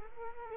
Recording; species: mosquito wingbeat signal from an infrared sensor; Culex quinquefasciatus